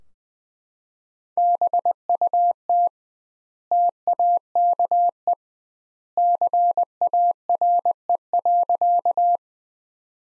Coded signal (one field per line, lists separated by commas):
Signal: Morse code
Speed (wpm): 21 wpm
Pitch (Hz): 700 Hz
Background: none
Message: BUT TAKE CARE.